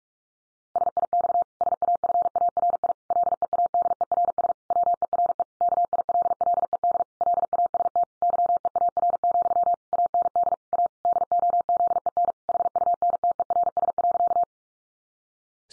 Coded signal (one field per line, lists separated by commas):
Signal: Morse code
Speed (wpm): 44 wpm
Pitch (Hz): 700 Hz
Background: none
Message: SIX SAFARI LEADERS WERE KILLED LAST YEAR, AND A DOZEN HUNTERS.